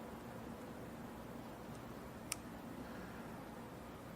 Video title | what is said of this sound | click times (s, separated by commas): Grey Fox Taxidermy Part 2 - Skinning Continued | put it on the handle until you hear the click, and you know your blade is secure. | 2.3 s